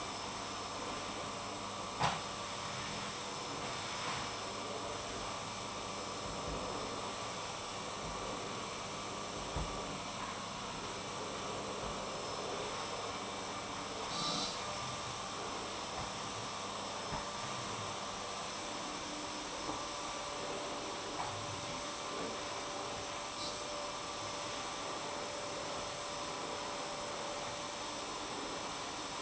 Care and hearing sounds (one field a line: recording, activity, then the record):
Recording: daily activity, microphone in the room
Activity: vacuum cleaning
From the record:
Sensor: 1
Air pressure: 1007.7 hPa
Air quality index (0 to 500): 78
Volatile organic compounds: 1 ppm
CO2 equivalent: 677 ppm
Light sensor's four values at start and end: 9/20/8/9 and 8/20/8/9